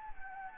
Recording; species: mosquito wingbeat signal from an infrared sensor; Anopheles gambiae